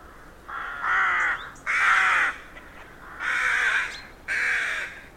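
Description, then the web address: Rook caws: four harsh, drawn-out calls in two pairs, each lasting under a second, over quiet background hiss. Rookery in a derelict abbey, free of traffic noise. "Hollywood Edge Historical Series. Traffic Free BG's. Rookery In Derelict Abbey"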